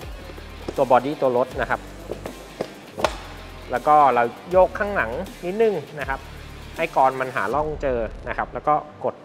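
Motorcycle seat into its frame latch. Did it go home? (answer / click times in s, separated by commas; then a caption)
yes / 3.1 s. On a Triumph Bonneville T120 motorcycle, the seat's hook is slid into the frame and the rear of the seat is rocked so the hook finds its slot, then the seat is pressed down. Someone talks over music, and a few soft knocks are followed by a sharp latch snap at 3.0 s as the seat locks into place.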